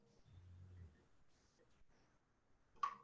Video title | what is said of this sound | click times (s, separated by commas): Canadian Drone Hub | folds nice though snaps right into place | 2.8 s